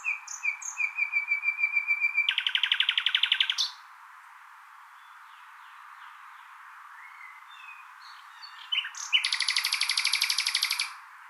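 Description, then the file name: Common nightingale: a run of repeated chirps leading to a harsh, buzzy trill, a quiet gap with faint notes, then another long, loud rapid trill. "Luscinia megarhynchos"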